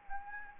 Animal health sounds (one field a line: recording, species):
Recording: mosquito wingbeat signal from an infrared sensor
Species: Anopheles arabiensis